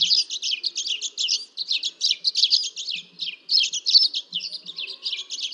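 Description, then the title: Dead Sea sparrow giving quick bursts of high chattering chirps, each burst under a second, repeated steadily. "Dead Sea Sparrow (Passer moabiticus)"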